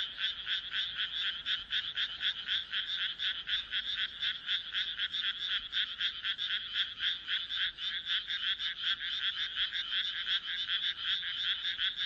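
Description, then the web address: Frogs in full chorus, loud pulsed croaks repeating in a rhythmic, rattling beat with no pauses. "kaeru kaeru"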